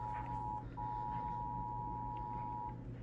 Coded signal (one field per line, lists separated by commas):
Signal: Emergency Alert System (SAME) tones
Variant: 853 and 960 Hz attention tone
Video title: eas tor Eas#323- 324)